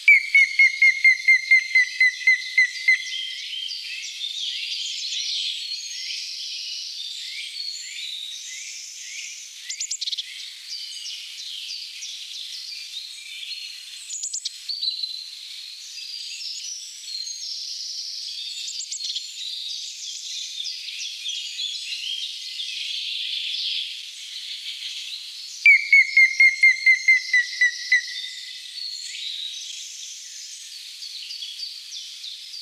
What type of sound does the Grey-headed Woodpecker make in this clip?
song